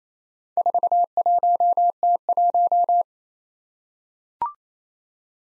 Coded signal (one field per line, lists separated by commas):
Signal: Morse code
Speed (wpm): 29 wpm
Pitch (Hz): 700 Hz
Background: none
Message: 41T1